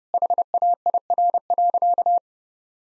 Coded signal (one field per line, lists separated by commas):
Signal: Morse code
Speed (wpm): 30 wpm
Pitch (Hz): 700 Hz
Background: none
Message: HAIR.